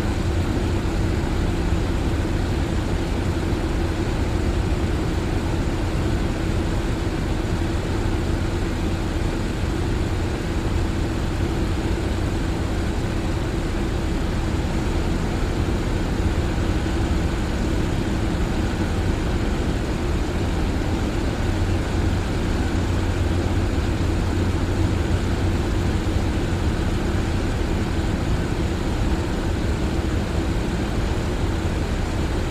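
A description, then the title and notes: A fan runs with a steady, dense low whir and a constant hum, unchanging for the whole stretch, droning without pauses. Sound Of A Fan For Sleep Or Studying White Noise.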